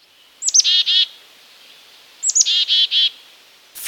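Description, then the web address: Black-capped chickadee calls twice: high opening notes, then a run of buzzy, harsh dee notes, the two calls about two seconds apart. Voiced year-round; the chickadee seems to introduce itself by calling out its name; pairs call to one another to stay in contact as they move about. "Birdnote Voices-and-Vocabularies-Clever-Chickadees"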